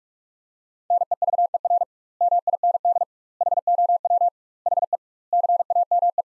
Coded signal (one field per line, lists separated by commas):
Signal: Morse code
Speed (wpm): 46 wpm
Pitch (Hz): 700 Hz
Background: none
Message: NEVER MIND HOW HE CAME